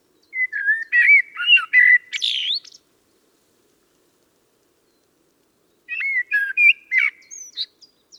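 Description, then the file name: Common blackbird song in two phrases about three seconds apart, each of mellow fluted notes rising into a scratchy high flourish. "Turdus merula"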